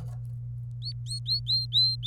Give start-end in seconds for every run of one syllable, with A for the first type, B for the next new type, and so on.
0.82-2.07 A